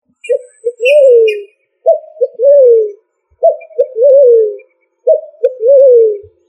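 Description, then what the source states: Pigeon cooing, four low mellow phrases of short notes ending in a long descending coo, repeated about every one and a half seconds; a brief higher sound near the start. Family Columbidae.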